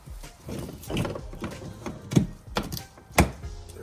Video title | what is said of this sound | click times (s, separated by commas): 2014 Dodge Charger Must Have Install!! | And then when you put it in there, it should just snap right in. | 3.2 s